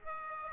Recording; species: mosquito wingbeat signal from an infrared sensor; Aedes aegypti